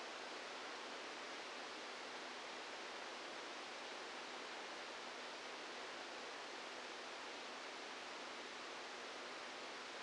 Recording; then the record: brain microelectrode recording played as sound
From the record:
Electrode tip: inside the subthalamic nucleus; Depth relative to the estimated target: 0 mm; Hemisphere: left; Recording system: NeuroSet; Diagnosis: Parkinson's disease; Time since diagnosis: 12 years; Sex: male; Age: 61 years